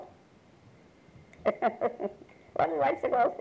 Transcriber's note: chuckles